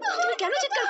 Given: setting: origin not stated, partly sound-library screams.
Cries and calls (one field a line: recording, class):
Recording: one-second piece from a danger detection set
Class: woman in danger